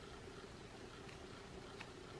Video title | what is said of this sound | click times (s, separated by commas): Part one of tip and trick for your period | until you hear that click the tampon sits inside | 1.8 s